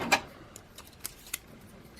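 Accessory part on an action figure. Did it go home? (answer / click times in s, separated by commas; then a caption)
no / none. A plastic accessory part is handled against an action figure as it is being connected, with a brief tap near 0.1 s and small sharp ticks around 1.1 s and 1.3 s over quiet background noise. The part is not home yet, and nothing has seated or clicked into place.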